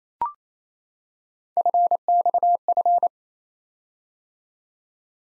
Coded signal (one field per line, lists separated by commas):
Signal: Morse code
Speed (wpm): 27 wpm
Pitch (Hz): 700 Hz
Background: none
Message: FXF